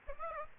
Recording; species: mosquito wingbeat signal from an infrared sensor; Aedes aegypti